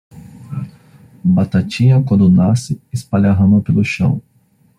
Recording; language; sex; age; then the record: short text; Brazilian Portuguese; male; 30 to 39 years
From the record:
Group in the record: control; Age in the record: 33 years